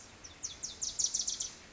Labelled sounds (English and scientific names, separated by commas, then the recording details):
Wilson's Warbler (Cardellina pusilla)
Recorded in Sonoma County, California